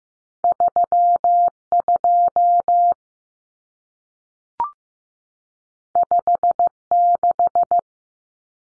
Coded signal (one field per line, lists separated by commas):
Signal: Morse code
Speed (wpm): 15 wpm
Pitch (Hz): 700 Hz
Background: none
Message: 32 56